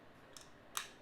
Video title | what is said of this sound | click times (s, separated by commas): Basic overview of smooth bore cleaning with a bore snake | the foregrip just clicks right in like that | 0.8 s